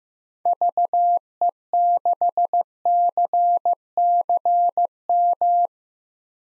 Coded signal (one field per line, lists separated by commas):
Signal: Morse code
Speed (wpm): 16 wpm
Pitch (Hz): 700 Hz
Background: none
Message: VE6CCM